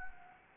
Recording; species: mosquito wingbeat signal from an infrared sensor; Anopheles gambiae